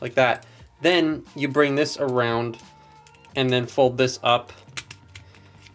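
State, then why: Seated. Someone talks while bringing a plastic part around and folding it up into the vehicle-mode body of a Transformers Studio Series 86 Bumblebee toy during its transformation. The panel snaps into place with a sharp click at 4.8 s, followed by a few softer plastic clicks and taps.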